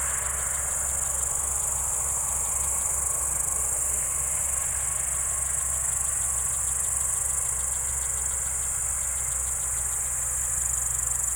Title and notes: Spalona 6, 57-516, Polska - Spalona Pass - crickets and haymaking. Przełęcz Spalona w Górach Bystrzyckich. wieczorne świerszcze